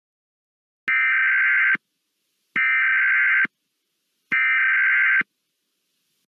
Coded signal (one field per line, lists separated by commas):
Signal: Emergency Alert System (SAME) tones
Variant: header bursts